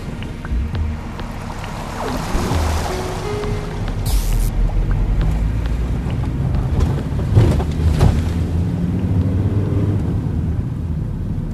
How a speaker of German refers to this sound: Der Straßenposten winkt durch und schon rollt der Wagen auf das riesige Betriebsgelände.